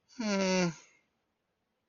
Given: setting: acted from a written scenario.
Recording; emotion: vocal sound without words; sympathy